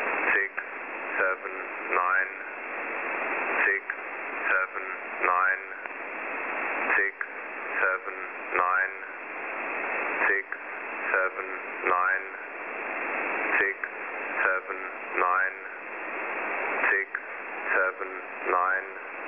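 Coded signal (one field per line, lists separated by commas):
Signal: numbers station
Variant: E06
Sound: distorted synthetic voice reading short words in a steady rhythm over radio hiss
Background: radio static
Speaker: this is a video on when a number station goes wrong first off we have e06 when it has an error with its main voice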